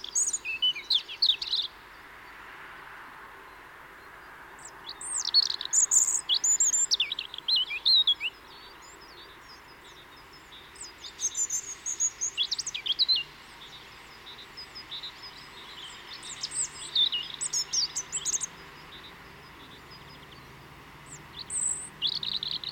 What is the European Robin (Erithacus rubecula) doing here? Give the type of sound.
song